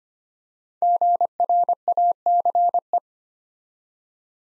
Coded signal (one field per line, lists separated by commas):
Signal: Morse code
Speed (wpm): 25 wpm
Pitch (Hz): 700 Hz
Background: none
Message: GRACE